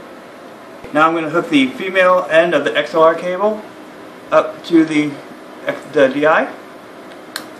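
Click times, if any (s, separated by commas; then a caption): 7.4 s. Someone talks, then the female end of an XLR cable is pushed into the XLR jack of a DI box. A single sharp click at 7.4 s marks the connector snapping and locking into place.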